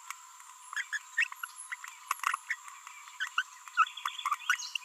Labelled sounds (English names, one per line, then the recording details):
Green-rumped Parrotlet babbling
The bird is a female
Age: 30 days
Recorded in a nest box in Venezuela
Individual 17B42B1